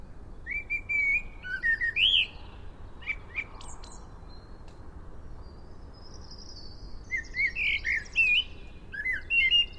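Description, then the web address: Common blackbird singing mellow, fluted whistled notes that end in thin squeaky flourishes, one phrase at the start and another near the end, with constant low hiss beneath. "SETE Turdus merula"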